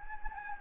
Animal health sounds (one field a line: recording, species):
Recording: mosquito wingbeat signal from an infrared sensor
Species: Anopheles gambiae